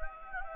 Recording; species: mosquito wingbeat signal from an infrared sensor; Anopheles gambiae